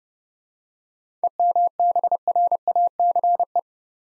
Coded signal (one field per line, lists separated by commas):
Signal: Morse code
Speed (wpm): 29 wpm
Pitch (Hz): 700 Hz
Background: none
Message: EMBRACE